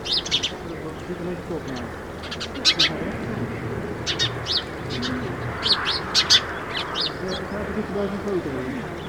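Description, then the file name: House sparrow chirping, a steady run of sharp, bright chirps in small clusters. "Passer domesticus"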